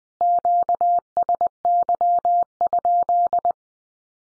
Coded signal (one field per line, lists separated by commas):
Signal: Morse code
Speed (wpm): 19 wpm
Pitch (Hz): 700 Hz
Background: none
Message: QSY?